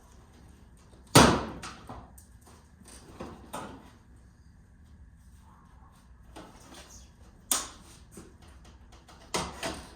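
On a 2015-2022 Chevy Colorado, the plastic front bumper cover is pulled away from the inside edge of the grille, starting at one end, as part of a light bar install. Sharp plastic clicks ring out at 1.2, 7.5 and 9.4 seconds as the retaining clips pop free, with quieter knocks in between. The bumper cover clips release from the grille.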